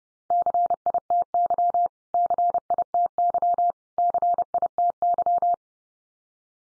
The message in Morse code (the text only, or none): CITY CITY CITY